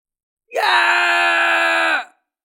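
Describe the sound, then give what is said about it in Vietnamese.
A man lets out one loud, sustained scream of pain, harsh and strained, holding steady for about a second and a half before cutting off, with no other sound around it. He is bleeding from the neck after being struck by a golden willow branch in a fight. “Tiểu Nhược Thiên Quân hét lớn, máu tươi chảy dài trên cổ”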